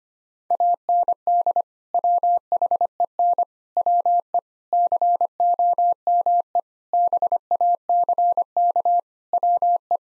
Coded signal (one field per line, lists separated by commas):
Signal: Morse code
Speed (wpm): 25 wpm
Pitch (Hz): 700 Hz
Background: none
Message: AND WHEN WE COME BACK WE